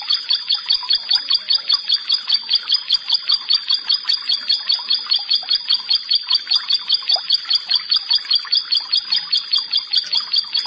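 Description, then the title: Bar-winged prinia song, steady high sharp notes repeated about two and a half times a second in an even rhythm. "Ciblek Sawah 1"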